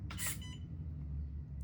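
The locking slider on an FCX10 RC crawler differential is actuated, but it is not lined up and does not slide over, so it stays unlocked. A bright, tonal burst with high harmonics starts near 0.1 s and fades by about 0.6 s over a steady low hum, and a faint brief tick follows at 1.6 s. Nothing has seated or clicked yet.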